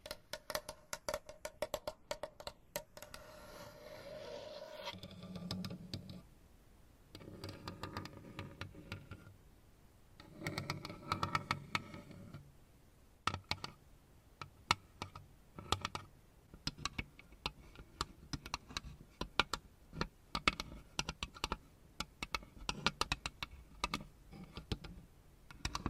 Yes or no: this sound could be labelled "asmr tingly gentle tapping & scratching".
yes